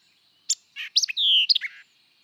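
White-eyed vireo song: a sharp opening chip followed by a quick jumble of buzzy and whistled notes, including a long slurred descending whistle, all in under one and a half seconds.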